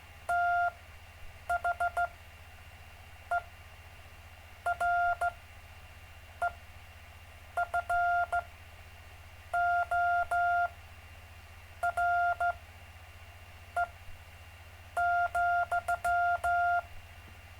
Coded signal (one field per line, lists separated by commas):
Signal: Morse code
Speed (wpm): 15 wpm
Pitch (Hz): 700 Hz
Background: none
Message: THEREFORE,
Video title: David Casler Live Stream Morse Code 2, 3 Mar 2018